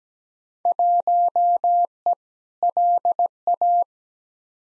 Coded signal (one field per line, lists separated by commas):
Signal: Morse code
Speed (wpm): 17 wpm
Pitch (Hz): 700 Hz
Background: none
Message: 1E LA